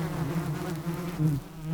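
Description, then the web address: Insect buzzing, a steady low droning hum that wavers slightly in loudness throughout, with no other clear sounds. "E-MU Producer Series Vol 3 – Hollywood Sound Effects Water Insects 1 INSECT"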